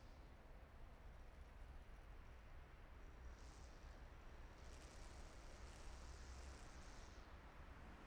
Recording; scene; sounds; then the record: everyday scene through a hearing-aid microphone; in traffic; traffic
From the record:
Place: main city hub, rush hour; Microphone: behind the ear, left, front